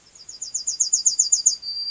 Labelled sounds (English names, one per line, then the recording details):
Yellowhammer song
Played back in grassland
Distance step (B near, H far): C
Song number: 119